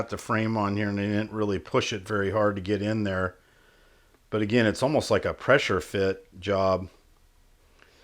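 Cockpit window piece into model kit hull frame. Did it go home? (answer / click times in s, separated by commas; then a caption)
yes / 7.8 s. A 3D-printed front cockpit window for a model starship kit is pressure-fitted by hand into the hull frame while someone talks. After the talking stops, a single short, faint click at 7.8 s marks the window popping into place, seated.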